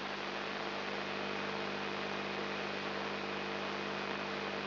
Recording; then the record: brain microelectrode recording played as sound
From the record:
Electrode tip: inside the subthalamic nucleus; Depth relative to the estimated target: 0 mm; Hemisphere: left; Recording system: AlphaMap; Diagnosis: Parkinson's disease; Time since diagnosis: 10 years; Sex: male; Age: 56 years